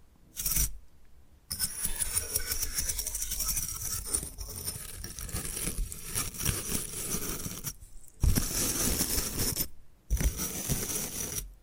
Bamboo Tapping, Scratching and Brushing Sounds